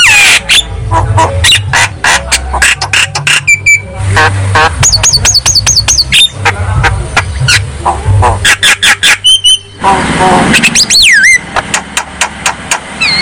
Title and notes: Pancingan Jalak Kebo Bisu. Kicau Jalak Kebo